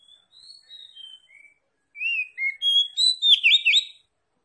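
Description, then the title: Oriental magpie-robin singing soft, drawn-out whistles that give way to louder, quicker phrases of rising and falling notes with harsh chattering accents. Tretes is named with the bird; its singing is described as gacor, meaning vigorous, frequent song. "Kacer Tretes Gacor"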